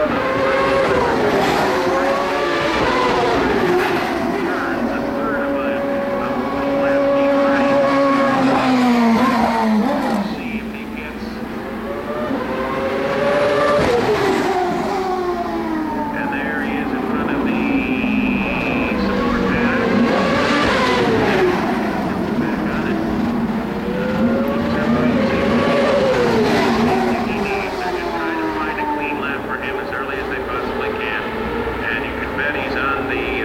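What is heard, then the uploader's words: Turbocharged V8 race cars roar past at a street race, engine notes sweeping up and down in pitch as they accelerate and shift, with waves around 10, 14, 20 and 26 seconds. The sound stays dense and loud throughout, with a brief thinner dip near 11 seconds. The Sounds of IndyCar, 1999 Vancouver. Incredible sounds from the 2.65-liter turbocharged V8s produced by Ford-Cosworth, Mercedes-Benz, Toyota, and those mighty Hondas. Vancouver street race.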